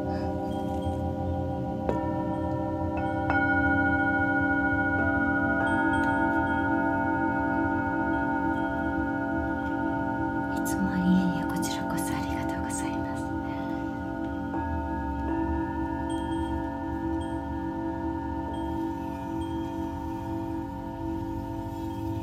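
Tibetan singing bowls ring in long, overlapping sustained tones, with new strikes near 2, 3, 5 and 15 seconds and a brief rustle midway.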